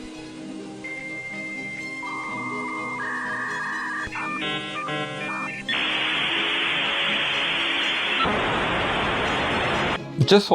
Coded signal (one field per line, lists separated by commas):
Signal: dial-up modem handshake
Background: speech